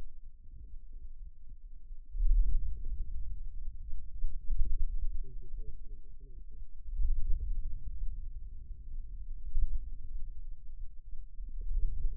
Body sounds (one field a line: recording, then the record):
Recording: forearm muscle sounds (acoustic myography)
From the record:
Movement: wrist extension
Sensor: system 2, bracelet of six BSWA MPA416 microphones around the upper forearm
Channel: 1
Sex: male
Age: 22 years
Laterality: right